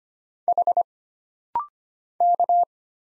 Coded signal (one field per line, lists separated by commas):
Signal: Morse code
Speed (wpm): 25 wpm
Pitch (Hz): 700 Hz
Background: none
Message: H K